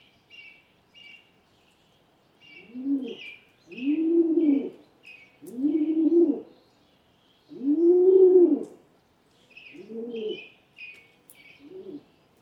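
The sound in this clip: Rock Pigeon song, a series of low throaty coos rising and falling, several phrases of varying length, with repeated high chirps from small birds.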